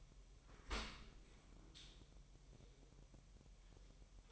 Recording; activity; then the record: daily activity, microphone in the room; open dishwasher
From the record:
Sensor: 1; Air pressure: 1000.4 hPa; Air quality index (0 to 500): 247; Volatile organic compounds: 141 ppm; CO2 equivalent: 3983 ppm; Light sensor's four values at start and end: 11/27/11/12 and 11/27/11/12